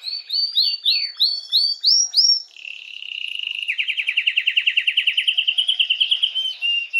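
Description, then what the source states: Canary singing a run of repeated rising-falling whistled notes, then a steady tone leading into a long pulsed trill that gradually rises slightly in pitch. Belgian mosaic canary song.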